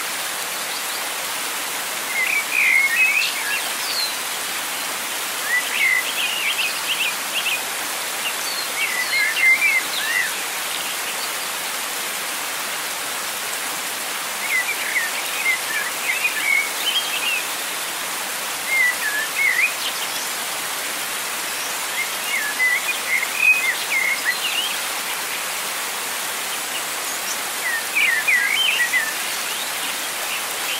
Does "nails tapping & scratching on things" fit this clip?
no